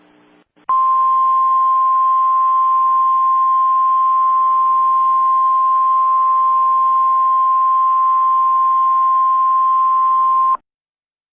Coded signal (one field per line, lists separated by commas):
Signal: Emergency Alert System (SAME) tones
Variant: 1050 Hz attention tone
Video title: Terrible Reaction: a EAS scenario